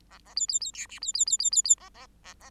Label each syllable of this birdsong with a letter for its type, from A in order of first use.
A A B B B C D B B B B B B A A A A